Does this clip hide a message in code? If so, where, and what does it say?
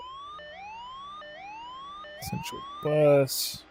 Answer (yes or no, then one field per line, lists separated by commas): no